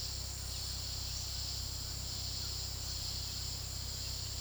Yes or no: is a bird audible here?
no